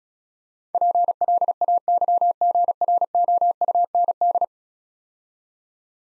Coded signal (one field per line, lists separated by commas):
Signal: Morse code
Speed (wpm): 36 wpm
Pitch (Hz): 700 Hz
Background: none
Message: PLAYGROUND